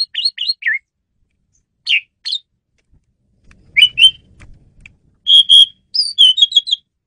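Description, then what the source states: Asian pied starling giving sparse high chirps in short clusters separated by silences, ending with a quicker run of whistled notes. Female bird, used as a lure bird.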